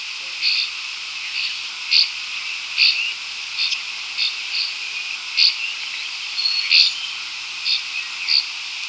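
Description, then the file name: Northern rough-winged swallow giving short, buzzy, rasping calls at irregular intervals over a steady high-pitched background hiss. Recorded on 9 July. "nrws 9 jul"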